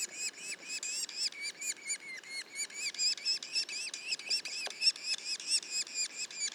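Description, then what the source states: Yellow-bellied sapsucker calls, a fast series of short nasal squeaky notes repeated about three or four times a second, steady and high-pitched. Juveniles, Mont-Orford National Park, Quebec.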